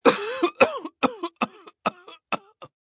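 A quick run of about seven coughs in under three seconds. Each is a sharp burst with a short voiced, throaty tail, and they grow softer as the fit goes on. This is an acted cough by a middle-aged man.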